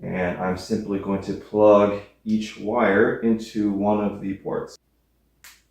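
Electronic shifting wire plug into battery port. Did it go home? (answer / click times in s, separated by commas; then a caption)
yes / 5.4 s. Someone talks while an electronic shifting wire plug is pushed into a port on the battery/junction unit of a Fuji SL road bike with 12-speed Ultegra Di2. After the talking stops, there is a short pause, then a brief, sharp click at 5.4 s as the plug seats.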